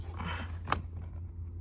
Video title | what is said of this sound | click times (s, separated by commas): Do these maitnance items yourself! | Then it just snaps back in. | 0.7 s